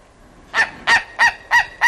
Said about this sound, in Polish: z którą pracuję dzisiaj, to znalazła, a ja jej wierzę, na pewno tak ryś się odzywa, prawda?